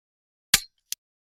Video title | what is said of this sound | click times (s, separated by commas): Kia Sorento (2003 - 2013) - Replace the wiper blades | connection can be confirmed by an audible click | 0.5 s